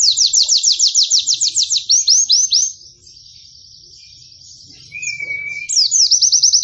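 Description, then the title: White-eye singing fast high trills of downward-slurred notes, a brief pause with a faint buzzy series, then a thin whistled note and another quick trill. Bird singing actively (gacor), giving long continuous bursts (nembak panjang) in a canary-like song style (kenarian). "Pleci Gacor. Pleci Nembak Panjang Istimewa Full Kenarian"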